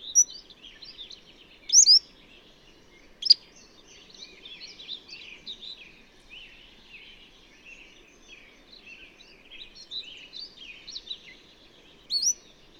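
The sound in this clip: Bird song: busy high chirps and twitters, with a few louder, sharp notes standing out now and then.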